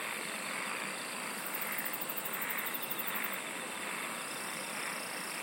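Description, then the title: Insects trilling in a dense chorus, a high pulsed trill standing out for about two seconds over a steady hiss of other callers. "SINGING OF INSECTS"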